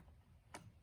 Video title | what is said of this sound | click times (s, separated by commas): HOW TO Change a HONDA GX-31 Line Trimming Head to a Brush Cutting Blade -- AUSTIN HOMESTEAD | right there it just went into those notches and then as soon as that's locked into place you'll be able to undo | 0.5 s